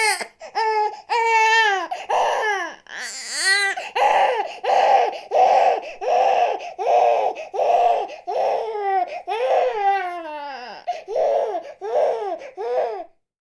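High-pitched infant crying in rhythmic wailing bursts, about 80 cries a minute, with breaths between cries.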